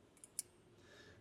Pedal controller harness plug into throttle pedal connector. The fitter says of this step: so that do a quick pull test that is snapped